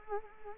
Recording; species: mosquito wingbeat signal from an infrared sensor; Anopheles arabiensis